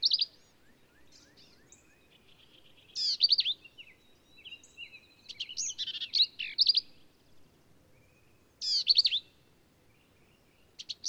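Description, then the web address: Black-capped vireo delivering varied phrases of quick slurred whistles and harsh chatters, spaced by pauses of a few seconds, with soft twittering between. "birdsongforthecurious songs Black-capped Vireo"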